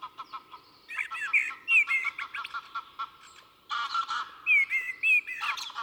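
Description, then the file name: Common blackbird delivering rich, whistled song phrases. "Turdus merula"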